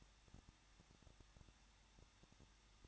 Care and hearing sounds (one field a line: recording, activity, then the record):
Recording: daily activity, microphone in the room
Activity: no activity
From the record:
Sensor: 3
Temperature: 21.2 degrees Celsius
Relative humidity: 36.3%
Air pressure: 1006.3 hPa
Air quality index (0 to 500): 221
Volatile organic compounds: 40 ppm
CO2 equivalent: 3156 ppm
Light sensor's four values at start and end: 2/3/2/2 and 2/3/2/2